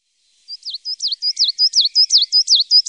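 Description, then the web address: Coal tit delivering a fast, even series of high two-part notes, a short note followed by a down-slurred one, steady throughout. "Faglar Sound Svartmes"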